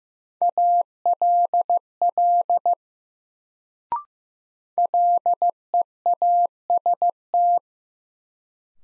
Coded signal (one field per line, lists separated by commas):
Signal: Morse code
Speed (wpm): 15 wpm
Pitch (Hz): 700 Hz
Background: none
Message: ALL LEAST